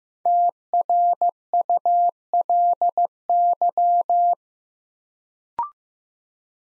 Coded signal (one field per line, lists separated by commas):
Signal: Morse code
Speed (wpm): 15 wpm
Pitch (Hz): 700 Hz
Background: none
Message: TRULY